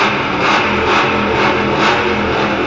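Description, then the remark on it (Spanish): A 1922 classic car's engine revs loudly and continuously, its roar swelling and easing in a steady rhythm of repeated surges over a low rumbling drone, with no voices. “Qué buen carro que es.”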